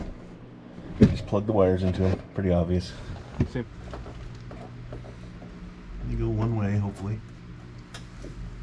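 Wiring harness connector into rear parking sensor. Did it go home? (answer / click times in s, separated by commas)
no / none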